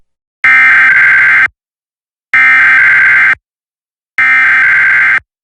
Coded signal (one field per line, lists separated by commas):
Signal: Emergency Alert System (SAME) tones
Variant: header bursts